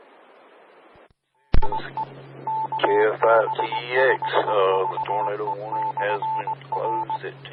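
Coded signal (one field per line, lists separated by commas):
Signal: Morse code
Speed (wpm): 19 wpm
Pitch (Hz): 880 Hz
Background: speech, radio noise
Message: IE KB5VE/R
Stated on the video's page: Morse heard on a 146.670 MHz repeater.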